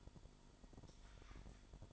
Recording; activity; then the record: daily activity, microphone in the room; light off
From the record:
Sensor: 5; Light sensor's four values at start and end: 35/81/33/34 and 35/80/33/33